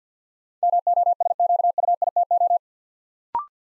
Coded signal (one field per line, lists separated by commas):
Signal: Morse code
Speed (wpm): 50 wpm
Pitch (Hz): 700 Hz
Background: none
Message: MOSQUITO